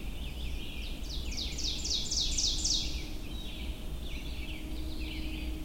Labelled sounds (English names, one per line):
Ovenbird song